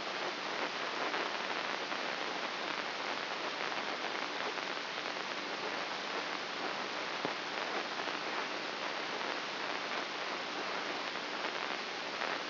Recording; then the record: brain microelectrode recording played as sound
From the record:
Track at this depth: inside the subthalamic nucleus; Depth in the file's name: 5.44 mm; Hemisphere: right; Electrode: 2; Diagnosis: Parkinson's disease